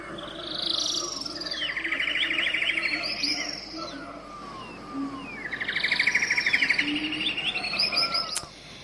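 Several wild birds sing at once, overlapping trills, rapid buzzy chirps and high whistled notes in two swelling bursts, steady and fairly loud, with no voices.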